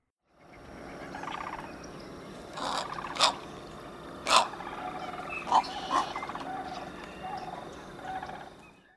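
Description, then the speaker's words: American Bittern giving several harsh, raspy bursts, with softer croaking notes around them. Harsh calls, given especially when disturbed. "American bitterns will also make several harsh calls, especially when disturbed."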